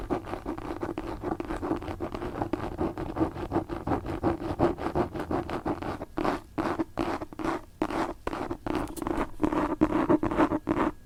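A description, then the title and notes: Fingernails scratch across a book in quick, rhythmic strokes, each a short dry rasp. The scratching is dense and steady for the first six seconds, then the strokes become more separated and distinct, with brief gaps between them, continuing to the end. ASMR book scratching.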